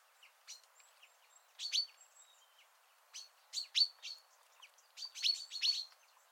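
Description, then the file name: Common chaffinch calls, clusters of sharp chirps in three bursts, quieter between, with faint background bird notes. "Fringilla coelebs"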